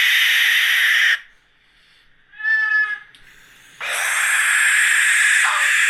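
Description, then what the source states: Barn Owl screeches, two harsh hissing screams separated by a quiet gap with a brief tonal sound. Played back from an online video, compared with mechanical steam or tea-kettle noises.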